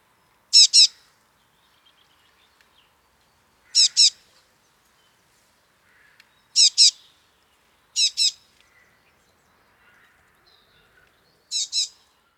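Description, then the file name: Eurasian blue tit calls: short high double notes given five times at irregular intervals, with faint softer sounds between. "Cyanistes caeruleus"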